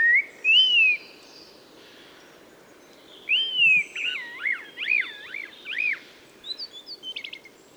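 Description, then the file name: Common blackbird song: mellow fluted whistles, then a warbling run of looping notes rising and falling, finishing with a cluster of thin high chittering notes. "Turdus merula"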